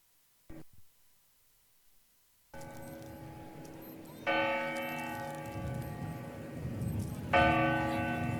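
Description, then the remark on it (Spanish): A church bell chimes four quarters, sounding rich, ringing strikes whose bright overtones hang and decay slowly over a steady low rumble, with no voices present. “Cuatro cuartos, no son las campanadas.”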